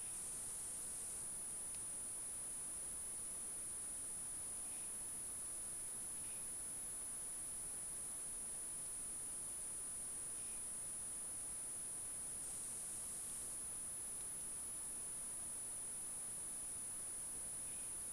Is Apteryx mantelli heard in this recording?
no